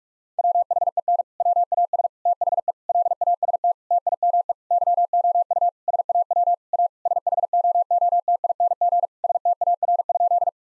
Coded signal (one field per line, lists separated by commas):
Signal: Morse code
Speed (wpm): 46 wpm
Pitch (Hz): 700 Hz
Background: none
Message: WHEN WAS THE LAST TIME YOU SAW A SHOOTING STAR?